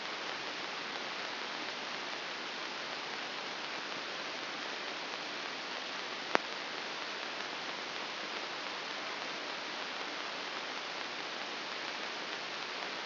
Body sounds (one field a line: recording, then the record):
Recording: brain microelectrode recording played as sound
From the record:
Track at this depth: inside the subthalamic nucleus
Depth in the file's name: 3.099 mm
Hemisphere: left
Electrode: 2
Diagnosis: Parkinson's disease